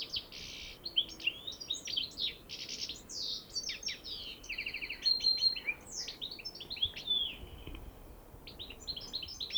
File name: Carduelis carduelis